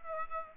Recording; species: mosquito wingbeat signal from an infrared sensor; Aedes aegypti